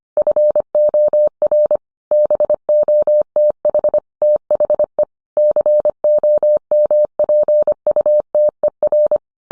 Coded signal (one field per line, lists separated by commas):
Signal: Morse code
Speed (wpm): 25 wpm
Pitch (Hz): 600 Hz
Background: none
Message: FOR BOTH THE COMPUTER